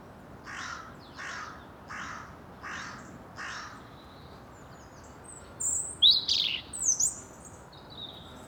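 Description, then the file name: European robin giving a phrase of high, sharp, sliding notes near the end, after five evenly spaced rasping notes from another source. "Erithacus rubecula"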